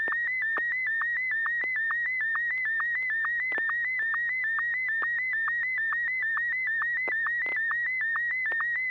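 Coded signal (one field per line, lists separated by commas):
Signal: SSTV (slow-scan television)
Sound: steady warbling whistle near 2 kHz with rapid regular clicks dipping lower, continuous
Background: low electrical hum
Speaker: You may fire when ready.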